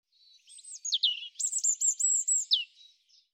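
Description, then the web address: European robin song: a soft lead-in, then a bright string of rapid repeated high notes like quick ticks and sweeps, ending on a faint note. "cianscape birddata Deverinetal 2025 Bird Er Ru"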